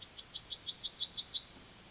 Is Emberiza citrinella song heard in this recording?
yes